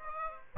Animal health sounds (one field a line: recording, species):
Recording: mosquito wingbeat signal from an infrared sensor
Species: Aedes aegypti